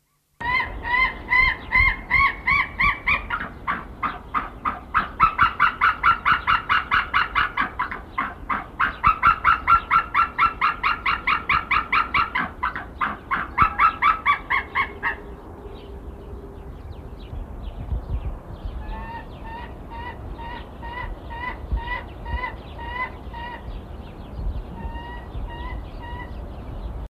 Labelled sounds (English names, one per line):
White-tailed Eagle call